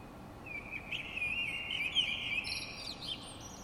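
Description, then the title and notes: Bird song: a single sustained phrase of quick warbled notes rising and falling, topped by thin high whistles, over faint continuous hiss. Heard in the middle of the night in the courtyard of an apartment in Paris; recorded by Stefana Fratila for the Music for Sleep project. "Parisian bird singing in the middle of the night. I woke up in the middle of the night and heard this beautiful birdsong in the courtyard of the apartment I was staying in. Recorded by Stefana Fratila. Part of the Music for Sleep project"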